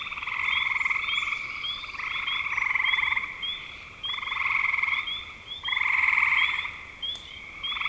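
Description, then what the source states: Frogs trilling in chorus, buzzy pulsed calls of one to two seconds separated by short breaks, with a steady line of high chirps above. Spring 2025.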